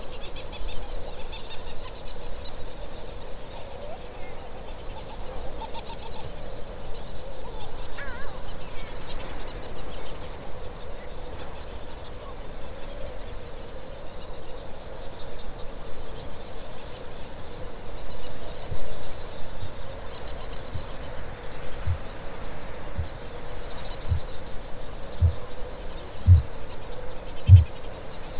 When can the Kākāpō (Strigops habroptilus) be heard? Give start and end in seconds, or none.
18.32-20.99, 21.55-24.34, 24.93-27.72